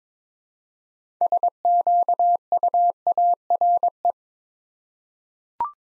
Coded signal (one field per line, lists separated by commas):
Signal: Morse code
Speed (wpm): 22 wpm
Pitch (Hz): 700 Hz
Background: none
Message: SQUARE